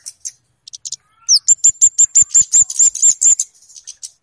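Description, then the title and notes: Flowerpecker calls: a fast run of about a dozen thin, high, sharply upswept notes, preceded by a few scattered high ticks. Lure call used for catching birds. "Kicau Pancing Burung Kemade ( Cabe Cabean). Suara Burung Cabe Cabean Pikat"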